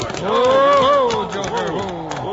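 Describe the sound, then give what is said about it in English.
A drifting herd of cattle lows in a long, wavering moo that rises and sags over a couple of seconds, with a second bawl trailing in at the end over a steady rumbling background. “you ain't going to try and turn them cows.”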